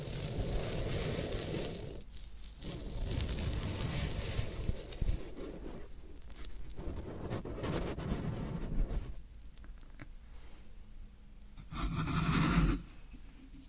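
Floral foam being handled, a dense crackly hiss with short quiet gaps near 2, 6 and 9 seconds and a louder crunching burst around 12 seconds.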